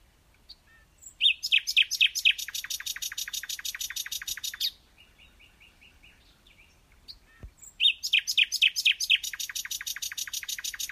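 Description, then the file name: Common nightingale song: two loud, fast repeated-note phrases separated by a softer series of ticking notes, with a single click between them. "Luscinia megarhynchos"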